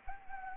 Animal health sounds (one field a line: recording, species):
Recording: mosquito wingbeat signal from an infrared sensor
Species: Anopheles gambiae